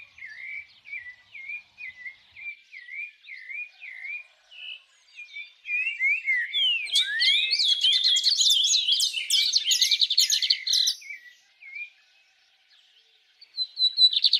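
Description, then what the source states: Bird song, a series of short slurred whistles repeated about twice a second, then a burst of rapid, busy high twittering, with another chirping phrase at the end. Birds singing at dawn.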